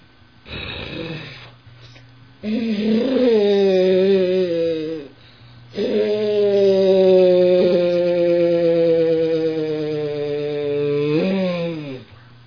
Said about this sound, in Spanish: Este es el sonido del berreo de un venado macho que se acerca. Es muy común, si tú caminas por los bosques de Cotopaxi, vas a escuchar este sonido.